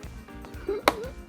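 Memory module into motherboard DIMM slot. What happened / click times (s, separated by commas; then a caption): The memory module snapped into its slot / 0.9 s. A DDR4 memory stick is pressed hard down into a motherboard DIMM slot, with faint ticks at 0.0 s and 0.5 s. The retention clip snaps shut with a sharp, loud click at 0.9 s, and the stick is seated. Someone talks right after about how much force it took.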